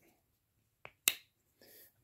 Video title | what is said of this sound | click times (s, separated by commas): Old Timer heritage series, think twice 🤔 | very strong snap | 1.1 s